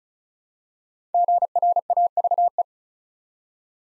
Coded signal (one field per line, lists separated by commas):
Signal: Morse code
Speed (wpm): 36 wpm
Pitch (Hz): 700 Hz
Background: none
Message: GRAVE